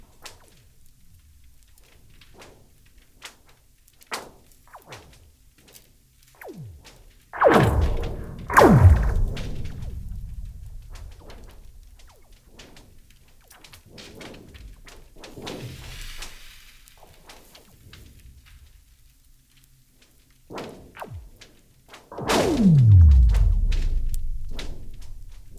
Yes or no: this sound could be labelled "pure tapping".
no